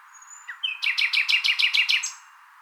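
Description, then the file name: Common nightingale song: a thin high whistle and a few introductory notes, then a fast, loud run of repeated sharp descending notes ending in a high note. "Luscinia megarhynchos"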